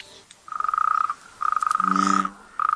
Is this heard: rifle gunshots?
no